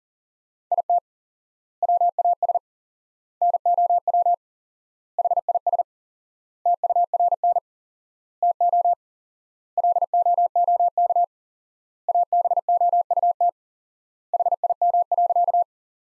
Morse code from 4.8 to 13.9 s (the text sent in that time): HIS TURN TO LOOK ABOUT